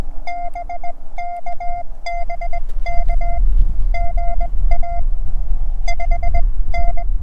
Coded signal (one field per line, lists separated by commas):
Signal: Morse code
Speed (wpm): 18 wpm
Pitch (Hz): 690 Hz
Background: none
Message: BK BK GA 5N